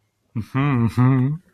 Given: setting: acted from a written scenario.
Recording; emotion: vocal sound without words; pride